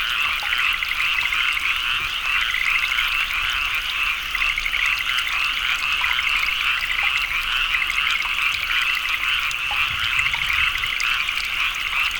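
Many frogs calling at once, rapid chattering trills merging into a constant bright buzz from start to finish.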